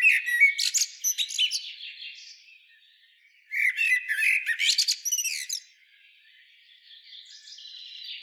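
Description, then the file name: Common blackbird delivering two bursts of rapid, squeaky twittering separated by a quiet gap, with faint softer warbling at the end. "Turdus merula"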